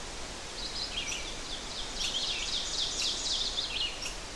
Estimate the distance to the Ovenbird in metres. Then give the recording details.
about 35 m. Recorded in boreal forest in Alberta, Canada, on 12 June 2016 at 06:00. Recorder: SongMeter 3, array SBT-3-18. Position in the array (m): 229 m, 89 m. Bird 31